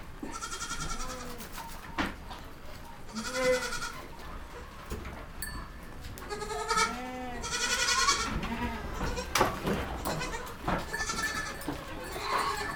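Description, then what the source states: Goats bleat repeatedly, loud quavering cries coming every few seconds over background noise. Goats recorded in a goat stable.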